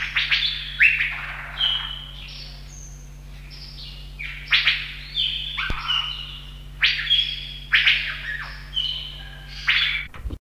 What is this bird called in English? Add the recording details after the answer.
Asian Fairy-bluebird. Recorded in captivity. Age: adult. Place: Zoo London, England, GB. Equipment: Halbspur, 9,5 cm/s. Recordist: Lütgens, Hans. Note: Gesang